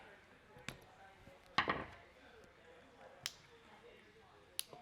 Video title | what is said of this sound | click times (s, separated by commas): KickAss Anderson Plug Terminal Replacement ⚡🔌🔨 | here a nice click like that and look at that I've got a nice | 4.6 s